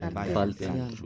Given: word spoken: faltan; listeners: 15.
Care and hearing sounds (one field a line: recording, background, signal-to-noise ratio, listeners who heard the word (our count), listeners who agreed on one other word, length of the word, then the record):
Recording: one Spanish word in noise, from a listening test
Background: four-talker babble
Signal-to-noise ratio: 0.4 dB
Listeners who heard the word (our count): 0 of 15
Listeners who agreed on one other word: 10 of 15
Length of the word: 0.66 s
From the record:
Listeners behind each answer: 10, 1, 1, 1, 1, 1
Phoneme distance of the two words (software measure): 7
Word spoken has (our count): 2 syllables, 6 phonemes, stress on syllable 1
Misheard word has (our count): 2 syllables, 5 phonemes, stress on syllable 1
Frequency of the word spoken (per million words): 19.53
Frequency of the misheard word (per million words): 243.81